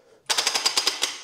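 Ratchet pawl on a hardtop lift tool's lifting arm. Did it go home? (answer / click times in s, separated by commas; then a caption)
yes / 0.3 s, 0.5 s, 0.7 s, 0.8 s, 0.9 s, 1.0 s. The lifting arm of a Top Lift Pro hardtop removal tool for a Jeep is pushed upward, and its metal ratchet pawl catches tooth after tooth in a rapid series of sharp clicks at 0.3, 0.5, 0.7, 0.8, 0.9 and 1.0 seconds. Each click seats the pawl in the next tooth as the arm ratchets up.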